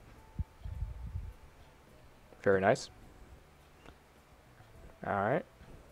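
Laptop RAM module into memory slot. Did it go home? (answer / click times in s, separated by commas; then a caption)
no / none. A second SO-DIMM RAM stick is handled over the upper memory slot of a 2008 MacBook during a RAM upgrade, with low rustling and faint ticks as someone talks. Nothing has seated or clicked yet; the stick is not home in the slot.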